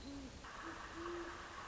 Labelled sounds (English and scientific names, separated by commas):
Great Horned Owl (Bubo virginianus)